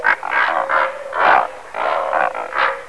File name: Pelecanus onocrotalus